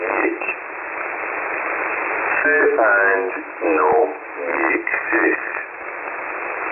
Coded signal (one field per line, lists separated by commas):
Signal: numbers station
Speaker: So again, this is on upper sideband on HF at 7842.